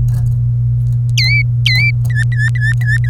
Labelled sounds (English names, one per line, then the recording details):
Domestic Canary song
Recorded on 27 April 2018 at 08:50
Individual llb3